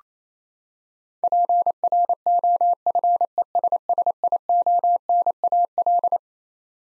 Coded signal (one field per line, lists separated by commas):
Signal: Morse code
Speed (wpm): 28 wpm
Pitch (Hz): 700 Hz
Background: none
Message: PROFESSIONAL